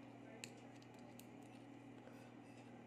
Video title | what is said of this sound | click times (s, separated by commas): How To Use LookCamPro Spy Nanny Wireless WiFi IP Hidden DIY Module Video Audio Camera #hiddencamera | इसमें slot में रख के थोड़ा press कर दीजिए लॉक हो जाएगी और | 0.4 s